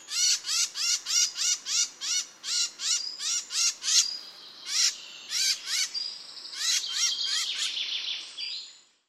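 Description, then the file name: Eurasian blackcap calling, a fast series of hard, clicking notes about three a second, continuing into a denser chattering stretch near the end. "Sylvia atricapilla"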